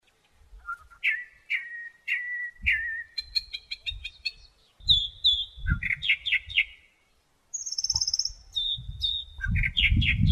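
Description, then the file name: Mockingbird song: varied whistled and chattering phrases, each repeated a few times before switching to a new, higher or lower phrase, with low thumping noise underneath. "mockingbird ekorpanjang"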